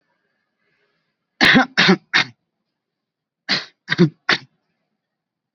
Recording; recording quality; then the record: heavy voluntary cough; poor, much background noise or distortion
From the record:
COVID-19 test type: RT-PCR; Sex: male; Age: 18 years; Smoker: no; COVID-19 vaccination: both doses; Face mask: worn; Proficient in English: yes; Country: India